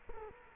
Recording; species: mosquito wingbeat signal from an infrared sensor; Culex quinquefasciatus